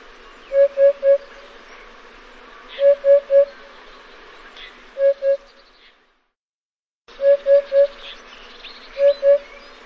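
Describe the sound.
Bird hoots: low pure whistled notes in groups of two or three, repeated every couple of seconds, with faint higher chirps in the background and a short gap of silence.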